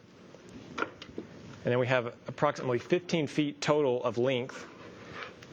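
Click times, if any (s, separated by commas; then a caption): 0.8 s. An ammonia vent hose end is mated into a vent tool extender, and the vent tool sections lock together with a sharp click at 0.8 s, followed by a few fainter taps. Someone then talks.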